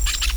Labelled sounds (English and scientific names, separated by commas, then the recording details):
Brown-throated Parakeet (Eupsittula pertinax) contact call
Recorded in Venezuela
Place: Tumeremo, Edo. Bolivar; Camino de tierra entre el Frio y el fundo Atenas. Fundo San Ramon
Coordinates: 7.414, -61.558